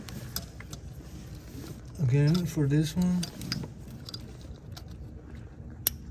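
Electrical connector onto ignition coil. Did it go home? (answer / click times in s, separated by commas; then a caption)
yes / 5.9 s. An electrical connector is pushed onto an ignition coil during driver's side spark plug replacement on a 2nd generation Toyota Tundra. Someone talks briefly over faint handling taps and ticks. The connector then latches with a sharp, loud click at 5.9 s, seating fully.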